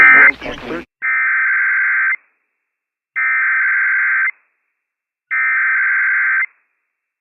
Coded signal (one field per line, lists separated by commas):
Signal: Emergency Alert System (SAME) tones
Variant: header bursts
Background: speech